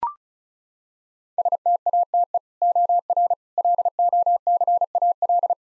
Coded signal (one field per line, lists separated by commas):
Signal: Morse code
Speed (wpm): 36 wpm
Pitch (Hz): 700 Hz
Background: none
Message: STATE OR LOCAL